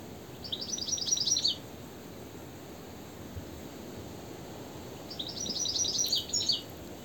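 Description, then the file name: European goldfinch uttering two bursts of rapid, high, liquid tinkling notes a few seconds apart over constant low background noise. "Carduelis carduelis"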